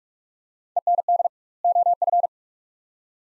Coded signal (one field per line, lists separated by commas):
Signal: Morse code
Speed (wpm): 47 wpm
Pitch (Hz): 700 Hz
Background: none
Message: END OF